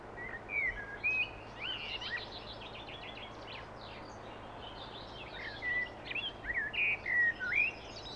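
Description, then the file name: Common blackbird song: mellow warbled phrases with squeaky high twittering, a pause, then another run of fluty notes, against steady background hiss. "Turdus merula"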